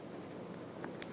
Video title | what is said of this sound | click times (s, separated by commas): JewelleryMaker LIVE 02-08-2020 8am - 12pm | can you hear it actually clicking together | 0.8 s